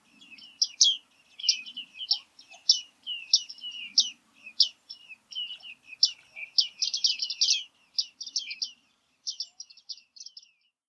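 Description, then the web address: Bearded reedling calls, quick runs of high pinging and ticking notes in close series, briefly louder after the middle, then thinner toward the end. Call recorded in 2019. "geluiden baardman 2019 roep"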